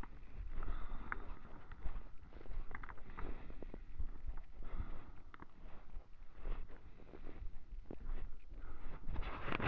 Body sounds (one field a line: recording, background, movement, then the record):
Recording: deep breathing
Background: quiet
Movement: walking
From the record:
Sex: male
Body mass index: 23.7 kg/m2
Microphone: on the chest, facing the body